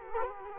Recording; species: mosquito wingbeat signal from an infrared sensor; Culex quinquefasciatus